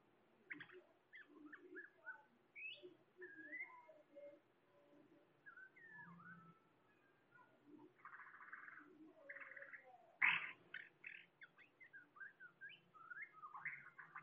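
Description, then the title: Bird song, varied chirps and whistles, with harsh buzzy bursts midway and a loud sharp call partway through. "SuaraBurung Kicau"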